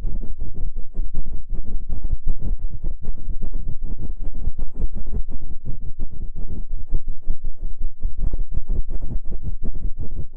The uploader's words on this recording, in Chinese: 放松按摩耳朵。